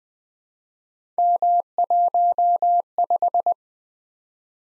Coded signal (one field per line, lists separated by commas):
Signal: Morse code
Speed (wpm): 20 wpm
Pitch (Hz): 700 Hz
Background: none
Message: M15